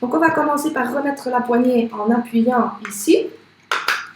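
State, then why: Seated. Someone talks while pressing a removable handle back onto a cookware pan (or mould). A single sharp click sounds at 3.7 s, and the handle is seated, the click being the sign that it is properly attached.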